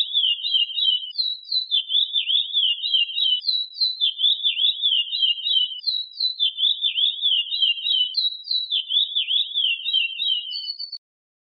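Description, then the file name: Chestnut-bellied seed finch song: a phrase of high whistles running into fast buzzy notes, repeated over and over with nothing else audible. "canto do curio"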